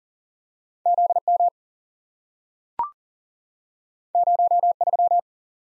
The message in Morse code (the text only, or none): Z M 0 3